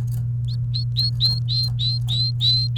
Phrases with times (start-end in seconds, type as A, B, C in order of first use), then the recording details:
0.48-2.77 A. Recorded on 29 April 2018 at 09:16. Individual llb3